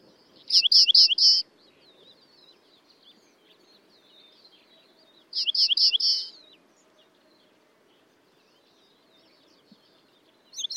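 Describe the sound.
Cretzschmar's bunting singing short phrases of three or four clear, ringing notes, each phrase repeated about every five seconds with quiet pauses between.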